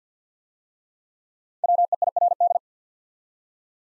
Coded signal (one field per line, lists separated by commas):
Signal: Morse code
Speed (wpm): 50 wpm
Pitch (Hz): 700 Hz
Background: none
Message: WEIRD